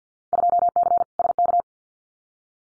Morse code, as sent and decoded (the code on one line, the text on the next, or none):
..--- -.-. / ... -.-
2C SK